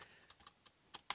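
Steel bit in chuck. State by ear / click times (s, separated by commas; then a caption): seated / 1.1 s. A hex driver bit is pushed into the quick-release chuck of a brushless impact driver that had not been holding the bit. A few faint clicks and rattles near 0.3, 0.4 and 0.5 s are followed by a sharp metallic click at 1.1 s. The bit is now locked into place in the chuck.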